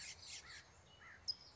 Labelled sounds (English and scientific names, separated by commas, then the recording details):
California Towhee (Melozone crissalis)
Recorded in Sonoma County, California